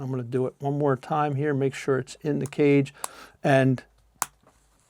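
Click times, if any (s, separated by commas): 4.2 s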